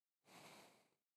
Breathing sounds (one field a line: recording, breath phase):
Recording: one breath near a microphone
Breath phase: exhalation